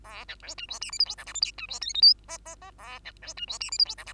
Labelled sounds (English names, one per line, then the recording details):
Bengalese Finch song
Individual Bird2